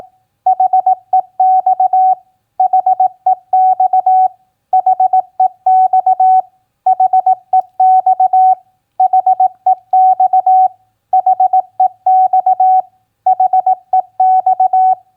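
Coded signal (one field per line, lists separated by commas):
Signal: Morse code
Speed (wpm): 18 wpm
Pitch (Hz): 750 Hz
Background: none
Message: HEX HEX HEX HEX HEX HEX HEX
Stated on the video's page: Morse code practice of common QSO elements at 18 wpm.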